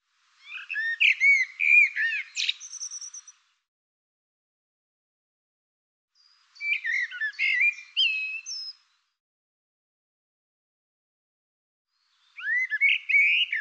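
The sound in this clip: Bird song: two varied phrases of chirps and whistled slurs, each a few seconds long and separated by a pause of a few seconds, then the start of a third phrase.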